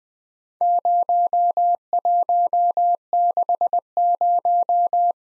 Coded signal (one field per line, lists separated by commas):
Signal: Morse code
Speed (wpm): 20 wpm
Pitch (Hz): 700 Hz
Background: none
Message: 0160